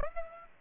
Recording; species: mosquito wingbeat signal from an infrared sensor; Aedes aegypti